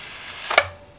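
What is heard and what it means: A handle pole for a Shark Hydrovac XL wet-dry vacuum is lined up with the opening in the main body and pushed in firmly. A soft knock at 0.5 s is followed by a sharp, bright click at 0.6 s, with a faint ringing tone trailing after it. The pole clicks into place and is seated.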